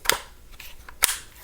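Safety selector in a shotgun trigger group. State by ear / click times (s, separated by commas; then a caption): seated / 0.1 s, 1.0 s. The metal cross-bolt safety selector in the trigger group of a BP-12 semi-auto shotgun is flipped between safe and fire. Sharp, bright clicks land at 0.1 s and 1.0 s, with fainter ticks around 0.6 s and 0.9 s. The safety clicks firmly into position each time, with a positive click.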